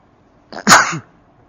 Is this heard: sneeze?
yes